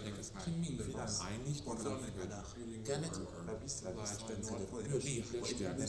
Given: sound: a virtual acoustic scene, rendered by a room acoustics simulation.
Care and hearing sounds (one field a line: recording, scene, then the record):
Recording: noise of the scene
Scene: underground station, no trains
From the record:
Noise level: 70 dB SPL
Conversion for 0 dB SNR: 0.7 dB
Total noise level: 70.7 dB SPL